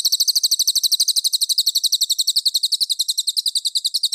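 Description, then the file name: Mangrove whistler song throughout, an unbroken, fast chatter of high, evenly spaced notes with no other sounds. Clear call. "suara burung cililin jernih"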